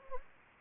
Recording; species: mosquito wingbeat signal from an infrared sensor; Anopheles gambiae